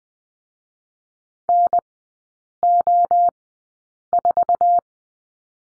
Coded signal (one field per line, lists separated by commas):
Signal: Morse code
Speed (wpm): 20 wpm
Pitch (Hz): 700 Hz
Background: none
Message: NO4